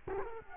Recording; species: mosquito wingbeat signal from an infrared sensor; Culex quinquefasciatus